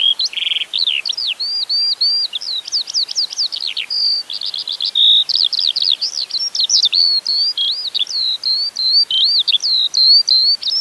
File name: zhavoronok polevojj